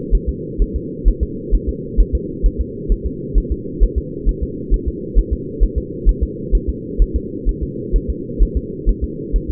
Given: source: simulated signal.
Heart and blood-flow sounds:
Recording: fetal heart sounds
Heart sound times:
0.15 s: S1
0.29 s: S2
0.62 s: S1
0.76 s: S2
1.08 s: S1
1.23 s: S2
1.55 s: S1
1.69 s: S2
2.00 s: S1
2.15 s: S2
2.46 s: S1
2.61 s: S2
2.92 s: S1
3.06 s: S2
3.38 s: S1
3.52 s: S2
3.83 s: S1
3.98 s: S2
4.29 s: S1
4.43 s: S2
4.74 s: S1
4.88 s: S2
5.18 s: S1
5.33 s: S2
5.63 s: S1
5.78 s: S2
6.09 s: S1
6.23 s: S2
6.55 s: S1
6.69 s: S2
7.02 s: S1
7.16 s: S2
7.49 s: S1
7.63 s: S2
7.96 s: S1
8.10 s: S2
8.43 s: S1
8.57 s: S2
8.89 s: S1
9.04 s: S2
9.36 s: S1
9.50 s: S2
From the record:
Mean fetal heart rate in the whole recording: 130 bpm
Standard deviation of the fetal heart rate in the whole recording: 2 bpm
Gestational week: 36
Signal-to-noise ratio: -4.1 dB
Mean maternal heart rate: no maternal heart sound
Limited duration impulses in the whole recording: absent

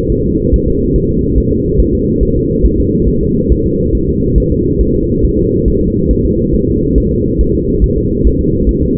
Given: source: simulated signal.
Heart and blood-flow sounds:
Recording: fetal heart sounds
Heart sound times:
0.12 s: S1
0.26 s: S2
0.54 s: S1
0.68 s: S2
0.96 s: S1
1.10 s: S2
1.38 s: S1
1.52 s: S2
1.80 s: S1
1.94 s: S2
2.23 s: S1
2.37 s: S2
2.66 s: S1
2.80 s: S2
3.08 s: S1
3.23 s: S2
3.52 s: S1
3.66 s: S2
3.95 s: S1
4.09 s: S2
4.38 s: S1
4.52 s: S2
4.81 s: S1
4.95 s: S2
5.25 s: S1
5.39 s: S2
5.68 s: S1
5.82 s: S2
6.11 s: S1
6.25 s: S2
6.55 s: S1
6.69 s: S2
6.98 s: S1
7.12 s: S2
7.41 s: S1
7.55 s: S2
7.84 s: S1
7.98 s: S2
8.27 s: S1
8.41 s: S2
8.69 s: S1
8.83 s: S2
From the record:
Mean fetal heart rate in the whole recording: 140 bpm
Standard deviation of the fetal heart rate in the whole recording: 2 bpm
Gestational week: 34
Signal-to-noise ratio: -14.7 dB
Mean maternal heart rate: 72 bpm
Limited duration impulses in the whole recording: present

